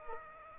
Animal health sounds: mosquito wingbeat signal from an infrared sensor; Culex quinquefasciatus

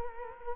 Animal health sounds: mosquito wingbeat signal from an infrared sensor; Culex quinquefasciatus

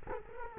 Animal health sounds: mosquito wingbeat signal from an infrared sensor; Culex quinquefasciatus

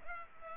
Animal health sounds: mosquito wingbeat signal from an infrared sensor; Culex pipiens

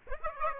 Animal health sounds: mosquito wingbeat signal from an infrared sensor; Aedes aegypti

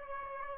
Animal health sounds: mosquito wingbeat signal from an infrared sensor; Aedes albopictus

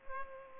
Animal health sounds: mosquito wingbeat signal from an infrared sensor; Culex pipiens

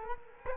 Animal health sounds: mosquito wingbeat signal from an infrared sensor; Culex quinquefasciatus

